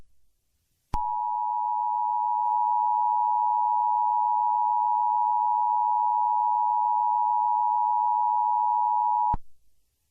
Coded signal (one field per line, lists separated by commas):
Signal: Emergency Alert System (SAME) tones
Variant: 853 and 960 Hz attention tone